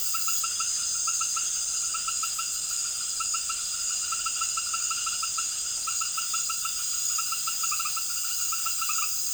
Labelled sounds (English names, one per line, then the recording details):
none
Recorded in secondary vegetation near Puerto Asís, Putumayo, Colombia, on 12 March 2025 at 18:30
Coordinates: 0.489, -76.322
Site G042